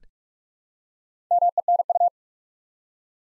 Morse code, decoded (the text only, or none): MENU